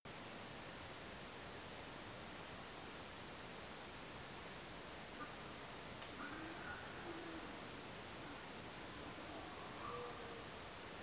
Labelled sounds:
mammal
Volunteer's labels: Autre biophonie Sus scrofa
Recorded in France

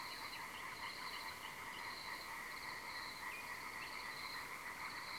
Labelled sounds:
Common Nightingale
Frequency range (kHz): Common Nightingale 1.1-3.8 kHz
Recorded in France

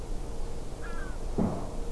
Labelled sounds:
Lesser Black-backed Gull
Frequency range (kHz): Lesser Black-backed Gull 0.9-4.0 kHz
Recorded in France

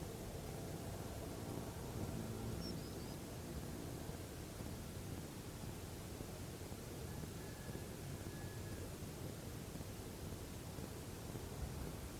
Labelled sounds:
Common Sandpiper
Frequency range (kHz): Common Sandpiper 3.7-5.7 kHz
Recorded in France

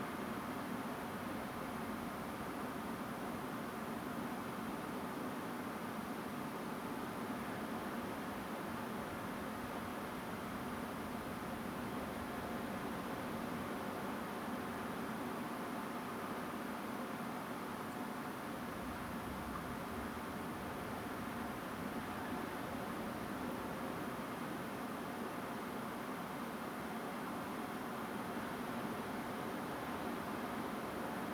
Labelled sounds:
Song Thrush
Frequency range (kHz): Song Thrush 7.1-9.1 kHz
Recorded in France

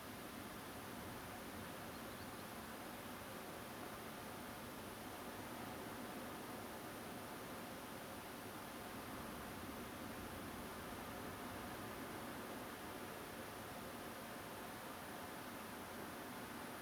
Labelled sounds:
Common Sandpiper
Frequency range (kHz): Common Sandpiper 3.2-4.6 kHz
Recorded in France

